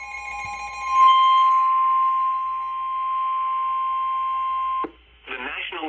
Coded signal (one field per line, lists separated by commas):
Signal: Emergency Alert System (SAME) tones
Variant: 1050 Hz attention tone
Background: speech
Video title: EAS - Severe Thunderstorm Warning - Alamance, Person, Orange, Randolph, Guilford - Central NC